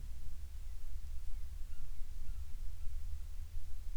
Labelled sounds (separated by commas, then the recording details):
wind
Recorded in the Prudhoe Bay oil fields, Alaska, on 10 July 2019 at 14:23
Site 14